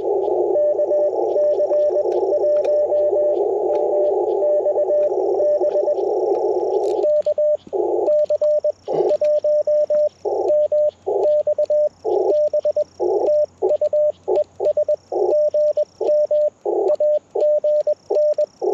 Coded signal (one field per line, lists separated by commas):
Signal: Morse code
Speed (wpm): 21 wpm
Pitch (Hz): 590 Hz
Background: radio noise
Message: KC1MXB KC1MXB TU ES GM AGN